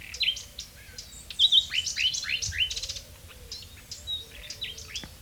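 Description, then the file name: Common nightingale singing sharp whistled notes and quick slurred phrases, some rising, others descending, delivered in a fast, jumbled sequence. "Luscinia megarhynchos"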